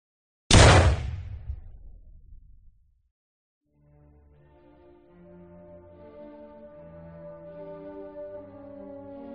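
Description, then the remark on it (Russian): A single loud revolver shot, fired by a man in black into a bound man's head, cracks out and rolls away in a long fading tail, followed by a brief silence before soft music begins. “Человек в черном поднял револьвер и выстрелил связанному в голову.”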